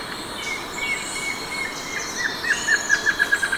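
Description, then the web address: Plain antvireo song: a brief run of short notes near the end that drops slightly in pitch, with high insect buzzing throughout. Recorded in Ecuador. "S America Birds of Ecuador. Plain Antvireo"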